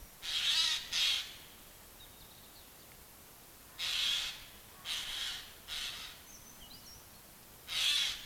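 Eurasian jay rasping screeches: a quick double call at the start, three harsh calls midway and one more at the end, with faint thin bird notes between.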